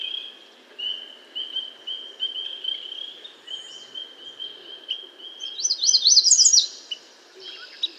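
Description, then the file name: American yellow warbler song: a quick run of bright, zigzagging high notes near the end, over a long series of steady, repeated mid-high notes. "American Yellow Warbler Setophaga aestiva"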